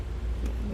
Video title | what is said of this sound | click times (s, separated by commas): etrailer - Redarc Tow-Pro Liberty Brake Controller Installation - 2016 Jeep Grand Cherokee | it's kind of a tight spot here but right there we got a nice little clean snap sound so | 0.5 s